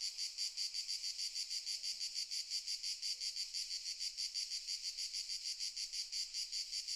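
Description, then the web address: Cicadas stridulate in a continuous shrill buzz, pulsing rhythmically about three times each second without pause. Cicadas stridulating very loudly in summer fields during the day, in the morning. "Sculp Tunes - Summer in the field - Crickets and Cicadas - Summer in the fields - DAY Morning - the cicadas stridulate very loudly"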